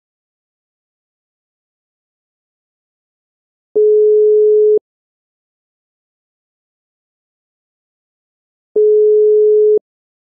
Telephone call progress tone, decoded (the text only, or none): ringback tone